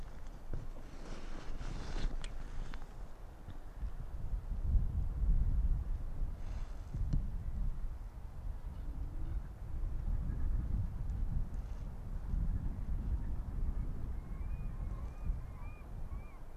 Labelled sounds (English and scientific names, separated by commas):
Arctic Fox (Vulpes lagopus)